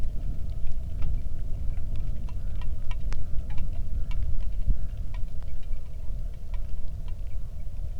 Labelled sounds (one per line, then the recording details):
waterfowl
wind
rain
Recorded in the Arctic National Wildlife Refuge, Alaska, on 3 August 2019 at 10:01
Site 46